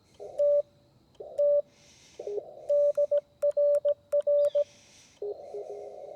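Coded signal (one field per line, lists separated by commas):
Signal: Morse code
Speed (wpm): 17 wpm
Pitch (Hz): 580 Hz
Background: none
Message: TT DRR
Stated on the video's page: CW copy practice from a portable field station using a Xiegu G90 with an EFHW antenna.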